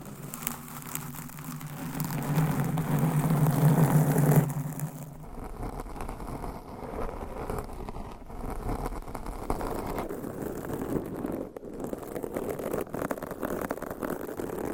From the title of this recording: Mic Scratching - Brain Scratching with 20 DIFFERENT MICS & CLAWS